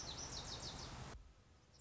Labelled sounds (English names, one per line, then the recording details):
Lazuli Bunting
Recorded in Sonoma County, California